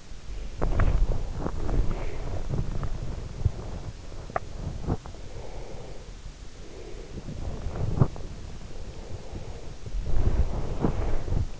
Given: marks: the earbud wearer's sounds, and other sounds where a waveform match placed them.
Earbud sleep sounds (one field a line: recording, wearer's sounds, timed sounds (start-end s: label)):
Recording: sounds in sleep by an in-ear microphone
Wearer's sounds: body movement, breath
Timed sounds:
0.45-4.89 s: body movement
5.33-7.21 s: breath
7.21-8.24 s: body movement
8.80-11.26 s: breath
10.09-11.60 s: body movement